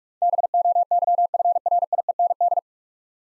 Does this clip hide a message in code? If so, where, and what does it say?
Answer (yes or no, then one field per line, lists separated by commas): yes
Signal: Morse code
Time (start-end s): 0.2-2.6 s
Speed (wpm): 44 wpm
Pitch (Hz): 700 Hz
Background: none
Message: BOYFRIEND